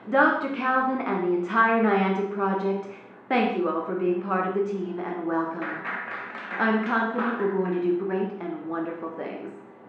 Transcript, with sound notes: Calvin and the entire Niantic Project thank you all for being part of the team and welcome (clapping). I’m confident we’re going do great and wonderful things.